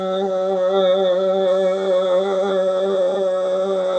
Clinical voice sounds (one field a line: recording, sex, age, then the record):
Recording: sustained vowel /a/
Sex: male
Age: 60 to 69 years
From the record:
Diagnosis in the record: amyotrophic lateral sclerosis, spinal onset 37 months earlier, bulbar signs present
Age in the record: 68 years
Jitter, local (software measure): 1.08%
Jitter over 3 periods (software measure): 0.62%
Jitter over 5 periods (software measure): 0.56%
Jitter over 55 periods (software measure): 1.97%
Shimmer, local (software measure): 7.0%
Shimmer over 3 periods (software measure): 3.8%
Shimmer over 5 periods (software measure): 4.0%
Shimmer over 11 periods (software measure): 5.8%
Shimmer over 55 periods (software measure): 10.0%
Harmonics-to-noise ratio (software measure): 8.5 dB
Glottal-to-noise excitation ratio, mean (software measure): 0.88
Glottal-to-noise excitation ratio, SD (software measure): 0.032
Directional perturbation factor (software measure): 73.6%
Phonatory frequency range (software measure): 0.18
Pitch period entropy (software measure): 1.89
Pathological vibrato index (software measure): 1.01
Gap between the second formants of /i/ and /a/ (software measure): 2158 Hz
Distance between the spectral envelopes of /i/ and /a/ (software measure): 11.1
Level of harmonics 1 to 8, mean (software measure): -22.0, -14.0, -6.7, -24.9, -37.1, -32.9, -28.9, -43.4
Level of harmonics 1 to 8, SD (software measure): 4.0, 4.6, 3.8, 6.5, 6.3, 6.7, 7.2, 6.5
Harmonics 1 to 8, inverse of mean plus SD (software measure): 0.038, 0.054, 0.095, 0.032, 0.023, 0.025, 0.028, 0.020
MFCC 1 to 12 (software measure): -2.3, -7.7, -18.2, -5.2, -22.6, 9.6, -3.3, 4.6, -15.1, -8.8, -1.6, -5.8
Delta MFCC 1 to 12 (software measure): -0.006, -0.001, -0.013, 0.011, 0.010, 0.027, 0.017, 0.054, 0.016, 0.008, -0.009, 0.022